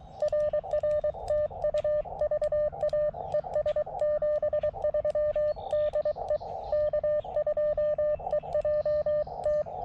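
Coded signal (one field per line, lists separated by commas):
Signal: Morse code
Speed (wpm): 23 wpm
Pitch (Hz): 600 Hz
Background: radio noise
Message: RR TU VA ES 73 DE K2EJT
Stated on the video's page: CW POTA park activation with a KX2 and a WRC Silver Bullet antenna.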